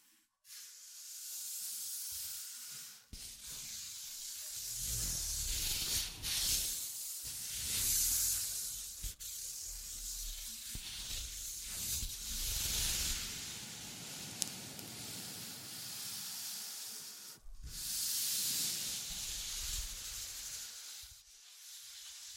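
Scratching and tracing make a steady, airy hiss that fills nearly the whole clip, swelling and thinning in slow waves. Sharp taps cut in now and then, near the start, around three, six and nine seconds, and again near seventeen, over a soft low rumble.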